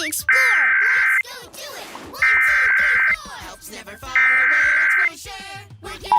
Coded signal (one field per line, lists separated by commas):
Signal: Emergency Alert System (SAME) tones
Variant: header bursts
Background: speech